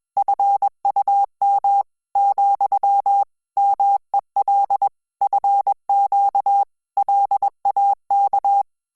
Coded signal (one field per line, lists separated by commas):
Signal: Morse code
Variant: Korean alphabet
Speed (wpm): 21 wpm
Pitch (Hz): 800 Hz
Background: none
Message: 님 , 막 내 공